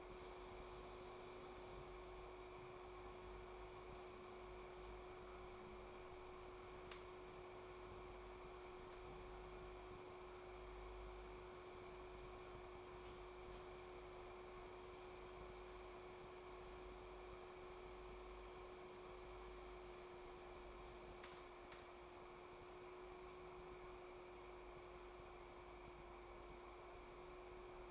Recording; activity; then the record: daily activity, microphone in the room; make coffee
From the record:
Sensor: 1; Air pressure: 1004.3 hPa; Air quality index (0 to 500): 200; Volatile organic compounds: 19 ppm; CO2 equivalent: 2640 ppm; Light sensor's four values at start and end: 5/13/5/5 and 5/13/4/5